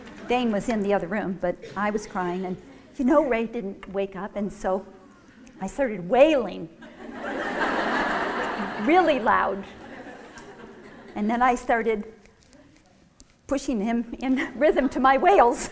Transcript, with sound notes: Dane was in the other room, but I was crying. And you know, Ray didn't wake up, and so I started wailing [laughter] really loud! And then I started pushing him in rhythm to my wails.